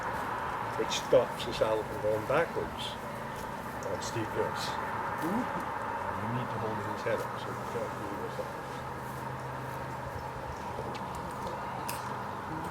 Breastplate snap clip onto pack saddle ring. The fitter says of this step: Just snaps into place over here.